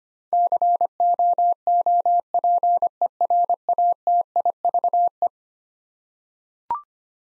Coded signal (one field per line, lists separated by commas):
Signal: Morse code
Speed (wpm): 25 wpm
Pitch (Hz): 700 Hz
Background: none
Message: COOPERATIVE